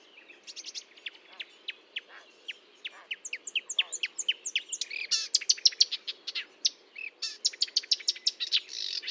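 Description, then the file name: Marsh warbler singing a rapid chatter of sharp ticks, whistles and scratchy phrases, building in loudness toward the end. Recorded at Fontaine-Française (Fourneau) on 1 June 2022 at 10:55, with a Nagra recorder and Telinga parabolic microphone. "Rousserolle verderolle 1055 Fontaine-Francaise-Fourneau"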